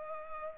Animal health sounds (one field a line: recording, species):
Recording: mosquito wingbeat signal from an infrared sensor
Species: Culex pipiens